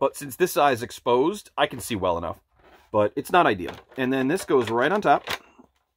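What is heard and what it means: Someone talks while handling the top shell of a costume helmet, setting the helmet dome down onto the damaged face mask section. Nothing has seated or clicked yet; the clip ends before the dome snaps into place.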